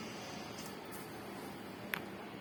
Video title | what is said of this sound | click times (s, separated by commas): Today FPOs BoDs members Soil Testing Awareness Training conducting at RAITHU Sampada FPO Hyd | ఇది చిన్న tick అని sound వస్తుంది, అంటే దాంట్లో ఫిట్ అయినట్టు. సో నేను ఈసీ ప్రోబ్ పెట్టేశాను | 1.9 s